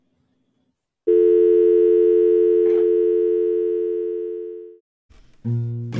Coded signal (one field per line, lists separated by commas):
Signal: telephone call progress tone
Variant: North America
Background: music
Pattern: dial tone